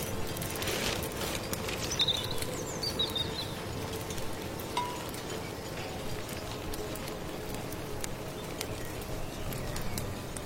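A thick soup is stirred over a steady crackling bed of firewood and rustling rain, while a bird chirps briefly around two and three seconds.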